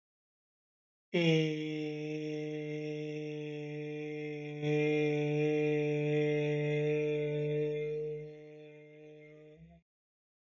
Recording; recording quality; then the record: sustained vowel as in made; excellent, no background noise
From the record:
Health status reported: healthy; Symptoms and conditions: diabetes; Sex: male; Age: 39 years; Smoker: not ticked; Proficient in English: yes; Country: India